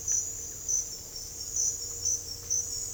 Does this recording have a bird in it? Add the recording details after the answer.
no. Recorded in secondary vegetation near Puerto Asís, Putumayo, Colombia, on 21 December 2024 at 07:00. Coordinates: 0.484, -76.319. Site GP06